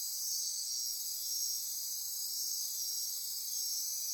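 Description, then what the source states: Insects trilling together in an unbroken, piercing high wall of sound, with slight rhythmic pulsing in the upper tones. Insect chorus recorded at midnight near Corcovado.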